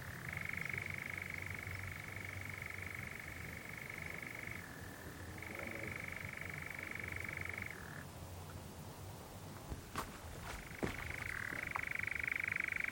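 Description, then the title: European Nightjar in a sustained, machine-like churr shifting in pitch, falling silent for a few seconds with faint clicks before resuming. Nocturnal bird churring on a warm June summer evening, on a hill in the Brecon Beacons, amid honeysuckle and foxgloves. "Sound Escape 20: the mesmerising churring of a nightjar on a summer's night"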